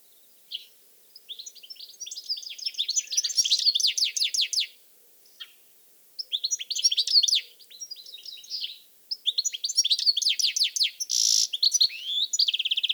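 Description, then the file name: European goldfinch song in long bursts of rapid twittering, tinkling notes mixed with dry buzzy trills and short chirps, separated by brief pauses. "Carduelis carduelis"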